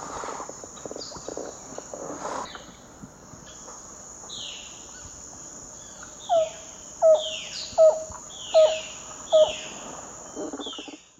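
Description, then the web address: White-lored antpitta song: five spaced whistles, each slurred, roughly one every three-quarters of a second, amid other birds and a constant high tone. Eastern lowlands of South America. "Natures Songs S America Eastern Lowlands. White-lored Antpitta"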